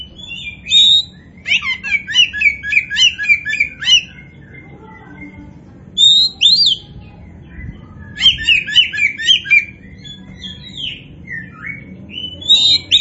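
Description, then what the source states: Oriental magpie-robin song: bursts of fast, varied whistled and chattering notes in bouts of a few seconds, separated by short pauses, over a quiet background hum. Bird in full, energetic song, described by the Indonesian term gacor; the bird is identified as a kacer poci.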